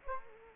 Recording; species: mosquito wingbeat signal from an infrared sensor; Culex quinquefasciatus